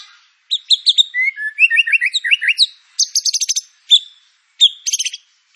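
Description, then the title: White-rumped shama song: high chirps, a run of lower slurred notes, then a rapid rattle and a few more chirps, separated by brief pauses. Lure song (pancingan) of white-rumped shama with full filler (isian) material. "PANCINGAN MURAI BATU. MURAI BATU FULL MATERI ISIAN"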